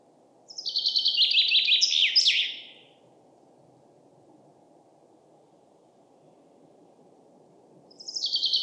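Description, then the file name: Common chaffinch song, a rapid cascade of bright notes dropping in pitch and ending in a flourish, lasting about two seconds, with another song starting near the end over low background noise. "Fringilla coelebs"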